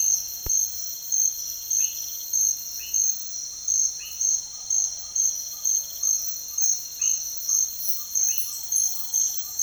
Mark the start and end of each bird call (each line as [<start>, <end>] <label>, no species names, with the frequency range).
[2.98, 9.62] bird call (0.9-1.7 kHz)